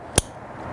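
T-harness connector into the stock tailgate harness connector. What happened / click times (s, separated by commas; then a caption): The plastic wiring connector clicked into place / 0.2 s. A plastic T-harness connector for a Tacoma tailgate lock is plugged into the stock tailgate harness connector, with no splicing. A single sharp click is heard at 0.2 s as the connector seats in place, with quiet background before and after.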